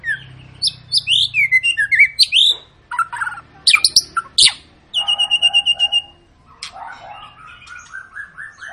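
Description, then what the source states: White-rumped shama song: quick repeated chirps, upswept whistles and a steady run of rhythmic notes, then softer mellow phrases at the end, with a low hum underneath. Lure song (pancingan) meant to make birds sing; long, gacor-style singing.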